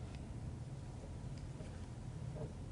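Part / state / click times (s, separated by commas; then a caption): hip switch in the leg joint of a teaching body model / not seated / none. The hip switch in the leg joint of a hands-on anatomical teaching body model is pressed toward the outside while the left leg is moved toward about 105 degrees of extension. A steady low rumble and hiss carries faint small tick-like handling sounds, the sharpest at 0.1 s. The switch has not clicked into place yet.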